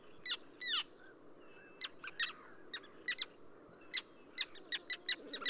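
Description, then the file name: Common tern calls, sharp downslurred notes, sparse at first then quickening toward the end, over a soft low background. Subspecies minussensis, recorded at Ögii Nuur, Mongolia. "ctern-minussensis mng ogi-nuur"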